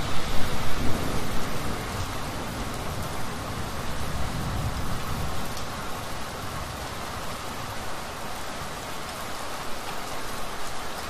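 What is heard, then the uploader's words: Steady, dense rain hisses evenly throughout, with fine patter across the whole range. A low rumble of thunder swells under it in roughly the first six seconds, loudest at the start, then fades, leaving only the constant downpour. Thunderstorm. Gewitter. As soon as spring arrived, there was already a thunderstorm. The thunderstorm and the rain.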